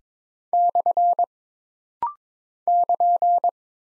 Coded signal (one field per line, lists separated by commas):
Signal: Morse code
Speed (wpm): 23 wpm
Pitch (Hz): 700 Hz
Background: none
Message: / <KN>